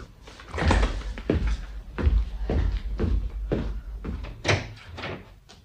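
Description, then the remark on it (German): A series of heavy metallic clunks and scrapes as bolts are drawn back one after another, followed by a door swinging open, with no voices. “Bitte verriegeln Sie die Tür erst wieder.”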